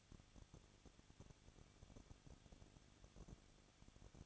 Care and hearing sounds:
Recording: daily activity, microphone in the room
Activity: no activity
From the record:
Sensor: 4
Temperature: 23.1 degrees Celsius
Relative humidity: 34.5%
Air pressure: 1007.2 hPa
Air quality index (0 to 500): 215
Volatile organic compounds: 15 ppm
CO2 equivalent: 2489 ppm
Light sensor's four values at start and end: 2/3/1/1 and 2/3/1/1

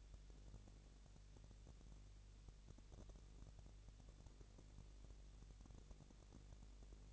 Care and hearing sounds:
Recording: daily activity, microphone in the room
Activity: no activity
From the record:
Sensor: 4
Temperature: 22.5 degrees Celsius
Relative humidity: 33.4%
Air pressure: 999.6 hPa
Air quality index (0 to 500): 230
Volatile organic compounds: 20 ppm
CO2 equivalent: 2702 ppm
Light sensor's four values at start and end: 2/3/1/1 and 2/3/1/1

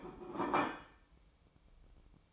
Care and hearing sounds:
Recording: daily activity, microphone in the room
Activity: place plate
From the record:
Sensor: 1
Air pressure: 1007.5 hPa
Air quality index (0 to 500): 79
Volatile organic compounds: 1 ppm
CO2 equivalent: 683 ppm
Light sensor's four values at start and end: 8/19/7/8 and 8/19/7/8

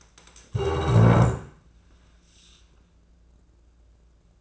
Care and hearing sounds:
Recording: daily activity, microphone in the room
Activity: stand up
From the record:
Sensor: 2

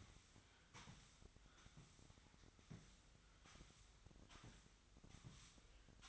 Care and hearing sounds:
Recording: daily activity, microphone in the room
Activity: sweep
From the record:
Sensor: 3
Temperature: 25.2 degrees Celsius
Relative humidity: 38.4%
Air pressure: 1001.6 hPa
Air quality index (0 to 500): 224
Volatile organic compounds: 31 ppm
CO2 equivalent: 2978 ppm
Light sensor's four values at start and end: 11/34/15/12 and 11/34/15/12

